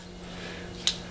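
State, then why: Seated. The small red plastic position-assurance locking tab on a just-mated harness connector, part of installing RS headlights on a non-RS 2010 Camaro, is pushed down into its locked position. A single short, sharp click sounds at 0.9 s over a low steady hum, and the tab is seated.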